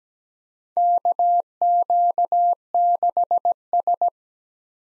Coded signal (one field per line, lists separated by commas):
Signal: Morse code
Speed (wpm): 17 wpm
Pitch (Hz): 700 Hz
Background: none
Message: KQ6S